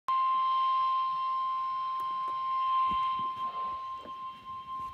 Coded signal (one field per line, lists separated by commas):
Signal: Emergency Alert System (SAME) tones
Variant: 1050 Hz attention tone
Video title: Severe Thunderstorm Warning On WXM42 7/7/21 (EAS #705)